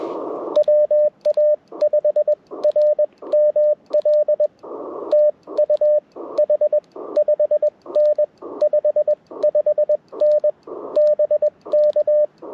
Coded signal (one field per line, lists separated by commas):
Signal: Morse code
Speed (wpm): 21 wpm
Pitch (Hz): 600 Hz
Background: radio noise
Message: WA5RML TU H 5N 55N BK